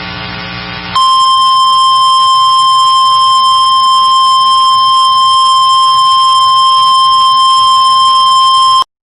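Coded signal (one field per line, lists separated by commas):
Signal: Emergency Alert System (SAME) tones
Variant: 1050 Hz attention tone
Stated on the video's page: Severe Thunderstorm Warning from a weather radio transmitter serving Eatonton, Georgia.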